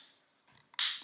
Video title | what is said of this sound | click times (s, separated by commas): How to replace the Renault Zoe key card battery | pop it down till it clicks | 0.8 s